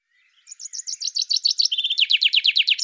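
Bird song: a high rattling trill leads into a level note, then evenly spaced falling strokes that continue to the cut-off.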